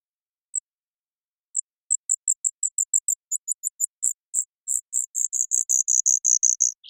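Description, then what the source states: Brewer's sparrow song: very high, thin notes, sparse at first, then speeding into a fast trill. Several males singing or counter-singing in a high subalpine sagebrush meadow, Okanogan Mountains; sagebrush steppe bird of North America; bubbling, tumbling song; clambers through sagebrush and flutters between low bushes.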